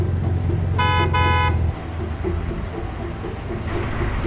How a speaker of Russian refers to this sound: Нервно жмет на клаксон. Можно побыстрее там?